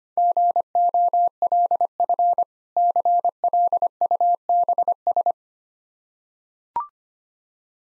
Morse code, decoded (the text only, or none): GOLF CLUBS